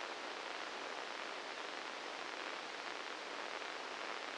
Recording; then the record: brain microelectrode recording played as sound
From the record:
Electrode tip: inside the subthalamic nucleus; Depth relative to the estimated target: 1 mm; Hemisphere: left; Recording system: NeuroSet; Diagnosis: Parkinson's disease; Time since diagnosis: 9 years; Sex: male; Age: 61 years